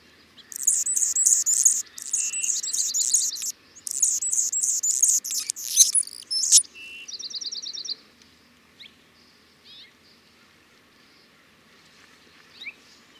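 Anna's hummingbird song of very high, dry, buzzy and scratchy phrases with short rattling trills, lasting about seven seconds before quiet scattered chips.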